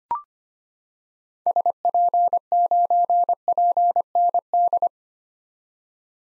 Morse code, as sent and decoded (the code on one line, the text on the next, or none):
... .--. ----. .--. -. -..
SP9PND